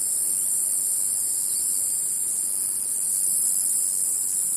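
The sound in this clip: Cicada song as one unbroken, piercing hiss, growing a little louder during the final second.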